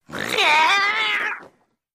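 Cat meowing: one drawn-out, rich harmonic wail lasting over a second, falling away at the end, with silence around it.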